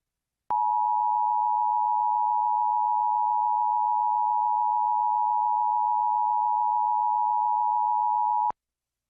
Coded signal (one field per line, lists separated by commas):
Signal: Emergency Alert System (SAME) tones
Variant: 853 and 960 Hz attention tone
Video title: National EAS Test Compilation (October 3, 2018, NYC)